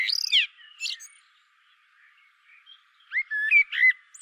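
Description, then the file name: Common blackbird song: a squeaky high twitter at the start, then after a pause a few mellow fluted notes ending in thin, high squeaks. "Turdus merula"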